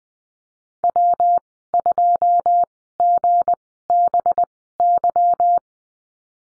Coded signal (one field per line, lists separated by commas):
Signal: Morse code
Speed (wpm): 20 wpm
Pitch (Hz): 700 Hz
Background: none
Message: W2GBY